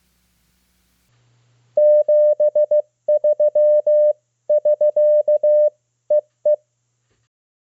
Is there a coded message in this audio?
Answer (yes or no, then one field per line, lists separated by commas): yes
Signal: Morse code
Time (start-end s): 1.8-6.5 s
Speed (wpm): 16 wpm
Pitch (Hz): 600 Hz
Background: none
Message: 73 <SK> EE